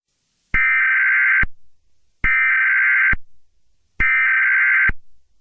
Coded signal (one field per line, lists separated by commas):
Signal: Emergency Alert System (SAME) tones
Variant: header bursts